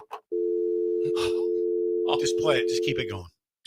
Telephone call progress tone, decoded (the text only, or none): dial tone